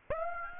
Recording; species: mosquito wingbeat signal from an infrared sensor; Aedes aegypti